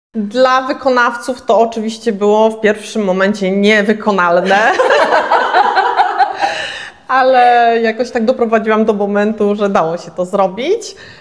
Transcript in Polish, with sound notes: Dla wykonawców to oczywiście było w pierwszym momencie niewykonalne. [śmiech] Ale jakoś tak doprowadziłam do momentu, że dało się to zrobić.